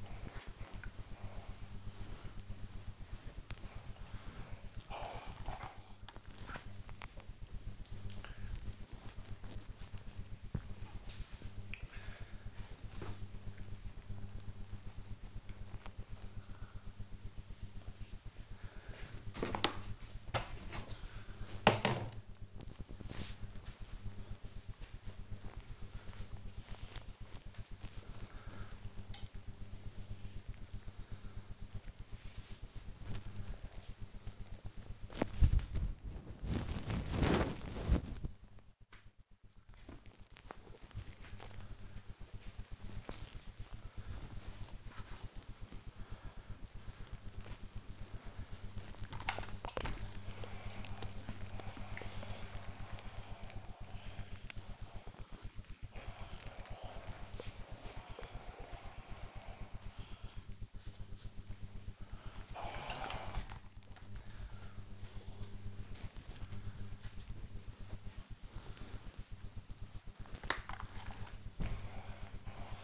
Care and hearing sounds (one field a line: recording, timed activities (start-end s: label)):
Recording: household activities, microphone on the right wrist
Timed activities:
0.00-11.81 s: ironing laundry
49.09-72.84 s: ironing laundry